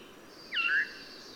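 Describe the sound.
Bird voicing one brief whistled note that dips and then rises slightly, lasting about a third of a second, against faint background noise.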